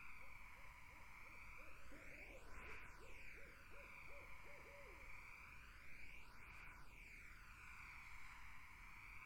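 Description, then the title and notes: Barred owl giving a rapid run of clipped hoots in the first four seconds, then only a droning background with a sweeping, shifting quality. Barred owls in a summer wetland. "Barred Owls in a Summer Wetland. The Wild Life"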